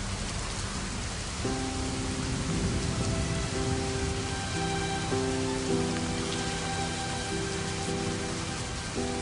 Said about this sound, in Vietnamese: Mưa lớn như vậy, cô sẽ không xảy ra chuyện gì chứ?